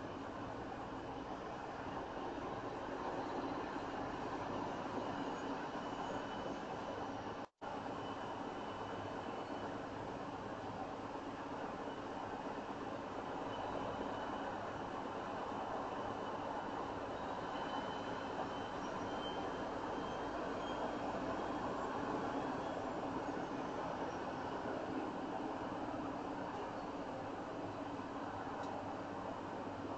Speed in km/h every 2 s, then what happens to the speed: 32, 34, 35, 35, 35, 35, 35, 35, 35, 35, 37, 40, 39, 35, 34.
0-25 steady at about 35.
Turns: none.